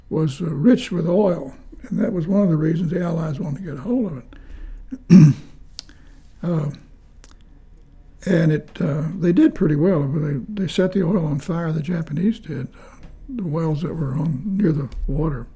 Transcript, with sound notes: was rich with oil, and that was one of the reasons the allies wanted to get a hold of it. (clears throat) And it, they did pretty well, they, they set the oil on fire, the Japanese did, the wells over on, near the water,